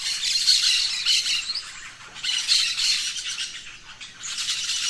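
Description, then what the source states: Birds singing together in a thick wash of high chirps and warbles, rising in waves roughly every two seconds. Dawn chorus of birds in the rainforest, Gran Sabana, Venezuela.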